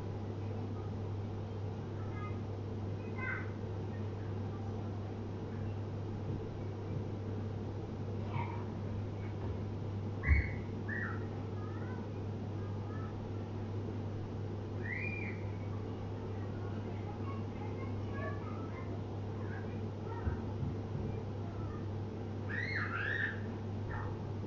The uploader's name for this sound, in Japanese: 生活音